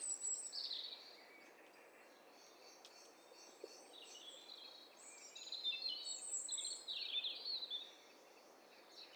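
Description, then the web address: Several birds singing at once in a dense tangle of sharp chirps and rapid trills that come and go in waves over a soft background hiss. Overlapping songs of several birds, mixed as a stereo test set for a bird cocktail party challenge. "Hi Fi STEREO BIRD COCKTAIL PARTY Challenge SBCP TESTSET HDBird Cocktail Party"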